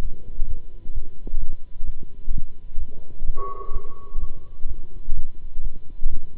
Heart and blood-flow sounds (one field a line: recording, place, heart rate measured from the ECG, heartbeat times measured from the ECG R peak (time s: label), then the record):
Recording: heart sounds by stethoscope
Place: between the tricuspid and mitral areas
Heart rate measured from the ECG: 128 bpm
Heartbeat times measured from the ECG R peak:
0.01 s: heartbeat
0.47 s: heartbeat
0.92 s: heartbeat
1.38 s: heartbeat
1.84 s: heartbeat
2.30 s: heartbeat
2.77 s: heartbeat
3.24 s: heartbeat
3.71 s: heartbeat
4.18 s: heartbeat
4.66 s: heartbeat
5.14 s: heartbeat
5.61 s: heartbeat
6.08 s: heartbeat
From the record:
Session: Bruce protocol treadmill stress test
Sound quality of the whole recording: good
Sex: male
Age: 26 years